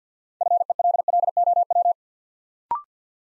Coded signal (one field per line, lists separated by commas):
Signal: Morse code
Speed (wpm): 50 wpm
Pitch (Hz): 700 Hz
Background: none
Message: FELLOW